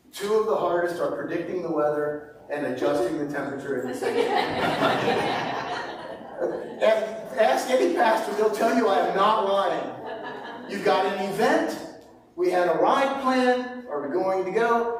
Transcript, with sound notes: Two of the hardest are predicting the weather and adjusting the temperature of your section. [laughter] Ask any pastor, they’ll tell you I am not lying. You’ve got an event, we had a ride planned, are we going to go?